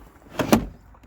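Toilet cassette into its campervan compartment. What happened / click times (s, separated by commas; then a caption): The plastic cassette latched into its bay / 0.4 s, 0.5 s. A portable toilet cassette is slid back into its bay in a campervan and pushed until the latch clicks into place. Two sharp clicks are heard at 0.4 s and 0.5 s, followed by faint, quiet rattles. The cassette is seated and latched.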